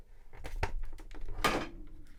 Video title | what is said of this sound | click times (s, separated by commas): COFFEE & TOYS PODCAST EPISODE 7 A Weekly Toy News/Toy Talk Podcast | whoops there we go all snapped into place | 0.6 s, 1.5 s